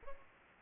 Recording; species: mosquito wingbeat signal from an infrared sensor; Aedes aegypti